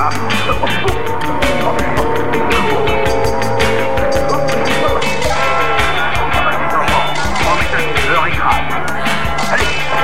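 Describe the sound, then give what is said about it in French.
A loud engine of a stolen car, left running, roars steadily, its pitch rising and falling as it revs and speeds off, with tire noise and a busy wash of other sound layered over it throughout. “et c'est qu'en plus, il a volé la voiture. Quand je pense qu'on avait laissé le moteur tourner.”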